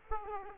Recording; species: mosquito wingbeat signal from an infrared sensor; Aedes aegypti